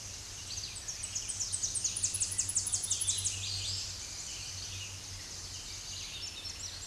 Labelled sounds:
Tennessee Warbler song

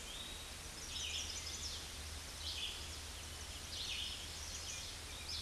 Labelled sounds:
Red-eyed Vireo song

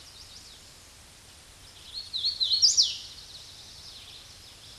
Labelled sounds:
Hooded Warbler song

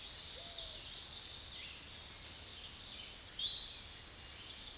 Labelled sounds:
American Redstart song

